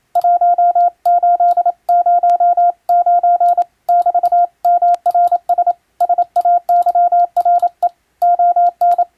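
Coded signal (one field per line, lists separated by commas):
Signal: Morse code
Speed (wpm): 27 wpm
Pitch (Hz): 700 Hz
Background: none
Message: 1809 <BT>MRS SAYRE ON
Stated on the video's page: Morse practice sending ship-to-shore style telegrams, using a Japanese radio foundation's international telegram sending practice book.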